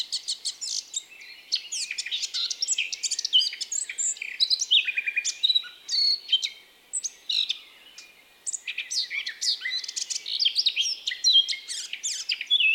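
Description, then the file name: Eurasian blackcap giving a rapid, scratchy warbling song of high chirps and twittering notes, nearly continuous, with a short lull around the eighth second. "Sylvia atricapilla"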